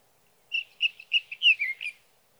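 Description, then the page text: Sage thrasher giving a short warbled phrase of several clear notes, a couple of them slurred downward, after half a second of quiet. Male singing at night near his roost, recorded over three nights from evening June 12 to morning June 15, 2018, Sierra Valley, California, with a Swift recorder. "Sage thrasher songs, through the night. from the evening of June 12 to the morning of June 15, 2018, in Sierra Valley, California"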